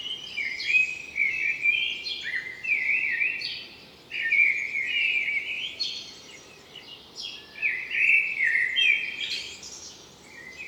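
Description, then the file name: Common blackbird singing, warbled phrases with thin high twitters, repeated with short pauses, over a steady hiss of background noise. "Turdus merula"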